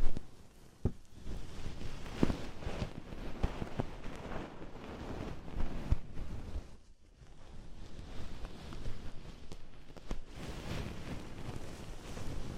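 An ear massage with oil and foam: dense, crackly rubbing and squishing that fills the whole clip, with scattered sharp clicks and pops. The sound starts loud, settles to a steady level, and briefly thins out around seven seconds before resuming.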